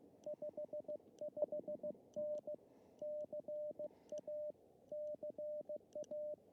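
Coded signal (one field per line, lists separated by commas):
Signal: Morse code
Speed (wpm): 16 wpm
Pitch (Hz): 600 Hz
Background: radio noise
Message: 55N CA CA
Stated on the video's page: Morse heard during a desert park activation of Joshua Tree National Park, using a CHA LEFS antenna on a mast with drive-on support.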